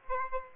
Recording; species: mosquito wingbeat signal from an infrared sensor; Aedes aegypti